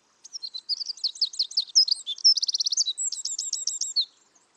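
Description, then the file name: Eurasian wren song: a loud, rapid, high-pitched outpouring of trills and twittering notes lasting about four seconds, ending with a fast rattling trill. "Troglodytes troglodytes"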